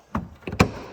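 A trunk compartment cover near the CD changer area of a 2003 BMW M5 is opened and closed into the trunk trim. A knock at 0.1 s and two light ticks around 0.5 s lead to a sharp plastic snap at 0.6 s, when the cover snaps properly into place.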